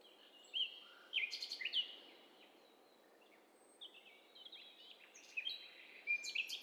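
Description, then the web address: Bird calls and chirps from several birds: sharp high notes and short twittering bursts come in clusters, separated by quieter stretches over steady background hiss. Mixture of several birds in a stereo bird cocktail party test recording. "Hi Fi STEREO BIRD COCKTAIL PARTY Challenge SBCP TESTSET HDBird Cocktail Party"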